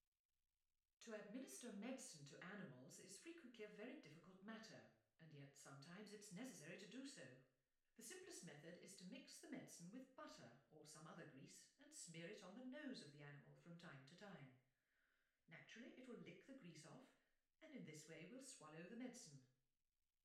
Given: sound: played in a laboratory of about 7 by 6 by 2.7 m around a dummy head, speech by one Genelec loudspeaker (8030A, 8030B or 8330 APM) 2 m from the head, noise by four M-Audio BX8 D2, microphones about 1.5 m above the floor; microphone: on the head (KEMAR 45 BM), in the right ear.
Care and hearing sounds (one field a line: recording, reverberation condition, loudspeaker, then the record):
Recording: female speech in English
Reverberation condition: medium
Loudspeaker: behind (180 degrees)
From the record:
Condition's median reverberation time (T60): about 510 ms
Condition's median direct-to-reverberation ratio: about -0.5 dB